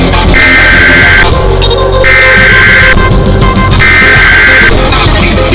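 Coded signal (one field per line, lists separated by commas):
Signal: Emergency Alert System (SAME) tones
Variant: header bursts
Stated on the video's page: Fictional EAS scenario.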